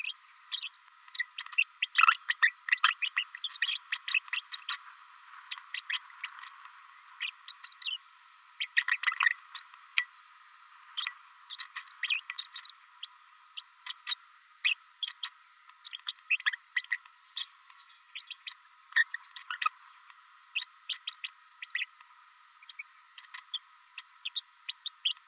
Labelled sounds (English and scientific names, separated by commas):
Green-rumped Parrotlet (Forpus passerinus) babbling